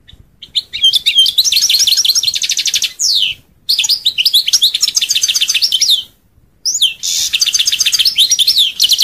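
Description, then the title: European goldfinch song, a fast liquid twittering of tinkling notes and buzzy trills, delivered in three bursts separated by short pauses. "Chant Chardonneret"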